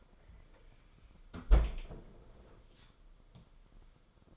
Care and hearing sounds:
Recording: daily activity, microphone in the room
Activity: close fridge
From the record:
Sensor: 5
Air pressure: 994.5 hPa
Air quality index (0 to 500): 190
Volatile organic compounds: 1000 ppm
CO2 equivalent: 5594 ppm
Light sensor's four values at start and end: 47/141/55/61 and 48/147/57/63

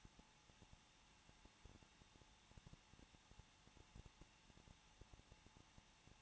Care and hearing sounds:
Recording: daily activity, microphone in the room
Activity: no activity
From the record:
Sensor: 1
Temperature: 20.1 degrees Celsius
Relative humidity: 39.3%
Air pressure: 1006.4 hPa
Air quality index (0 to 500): 218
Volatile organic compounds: 80 ppm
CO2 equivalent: 3606 ppm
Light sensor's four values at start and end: 1/2/1/1 and 1/2/1/1

